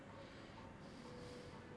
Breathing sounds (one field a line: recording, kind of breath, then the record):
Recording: one breath in and out by a microphone near the nose and mouth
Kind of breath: normal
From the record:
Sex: male